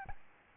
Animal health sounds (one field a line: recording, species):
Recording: mosquito wingbeat signal from an infrared sensor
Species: Aedes albopictus